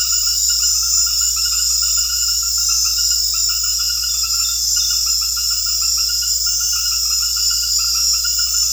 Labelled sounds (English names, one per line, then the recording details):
none
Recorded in secondary vegetation near Puerto Asís, Putumayo, Colombia, on 4 March 2025 at 20:00
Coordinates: 0.484, -76.319
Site G010